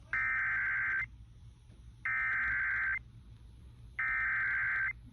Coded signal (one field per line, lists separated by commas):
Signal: Emergency Alert System (SAME) tones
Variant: header bursts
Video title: SVR on WCJZ (EAS #70)